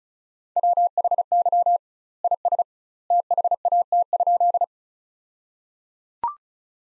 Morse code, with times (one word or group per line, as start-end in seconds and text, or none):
0.6-1.8 WHY
2.2-2.6 IS
3.1-4.6 THAT?